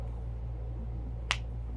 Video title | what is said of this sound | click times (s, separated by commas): DC McFarlane Multiverse: Blue Beetle movie: Blue Beetle review | there you go you'll hear a snap once it does that and then you have | 1.3 s